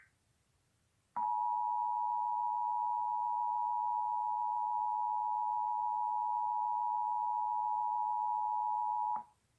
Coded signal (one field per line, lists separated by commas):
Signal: Emergency Alert System (SAME) tones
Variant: 853 and 960 Hz attention tone